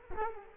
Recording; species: mosquito wingbeat signal from an infrared sensor; Culex quinquefasciatus